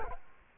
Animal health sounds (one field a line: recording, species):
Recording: mosquito wingbeat signal from an infrared sensor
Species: Culex quinquefasciatus